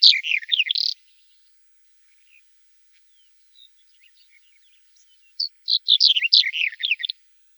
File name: Ovsjanka chernogolovaja